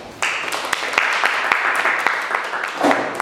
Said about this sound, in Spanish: Ok, pues hay que darles un aplausito.